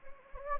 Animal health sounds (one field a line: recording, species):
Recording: mosquito wingbeat signal from an infrared sensor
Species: Anopheles gambiae